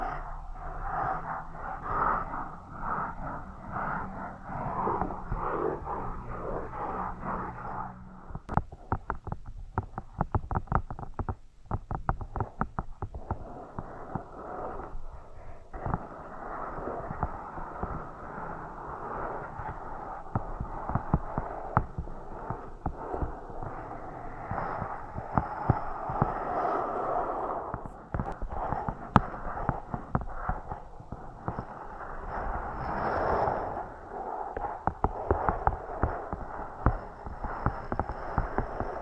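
Scratching and tapping triggers fill the recording with dense, uneven scraping and quick clicking taps throughout, plus a low hum in the first eight seconds.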